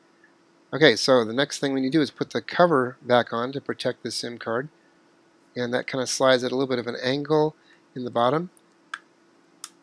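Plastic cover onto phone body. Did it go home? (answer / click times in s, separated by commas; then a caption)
yes / 8.9 s, 9.6 s. Someone talks while sliding the plastic cover over the SIM card on an HTC One S phone, fitting it in at an angle at the bottom and pressing it down onto the phone body. Two sharp clicks are heard at 8.9 s and 9.6 s as the cover snaps on and the unit seats back together.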